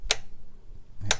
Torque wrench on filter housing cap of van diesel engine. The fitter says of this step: hear that clicking there yeah 25 newton meters